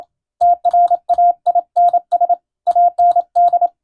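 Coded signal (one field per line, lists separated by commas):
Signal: Morse code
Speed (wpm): 27 wpm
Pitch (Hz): 700 Hz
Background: none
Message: TRAINS AND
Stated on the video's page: Morse receiving practice of plain-language radiotelegrams following the radiotelegraph operator national exam format.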